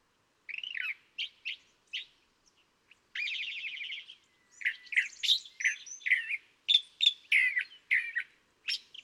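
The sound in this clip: California thrasher song: scattered scratchy notes, a long rattling trill, then a rapid jumble of varied chirps and whistled slurs.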